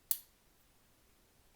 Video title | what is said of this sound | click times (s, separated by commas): Amazon Basics Folding Utility Knife (pretty nice for only $10) | when you want to unlock it you're going to press the button again | 0.1 s